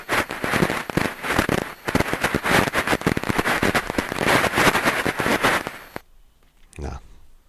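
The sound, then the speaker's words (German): Tiny bubbles rising in a glass of sparkling water on a table burst, crackle and fizz loudly in a dense, rapid stream of pops for about six seconds, then cut off, leaving near silence with one brief soft sound. “Und diese kleinen Bläschen, die da hochfliegen, die machen so einen Krach.”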